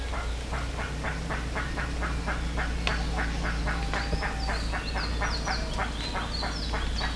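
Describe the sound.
Bird calls, quick harsh notes repeating at an uneven fast pace, joined by short high whistles in the second half, over constant low-pitched hum.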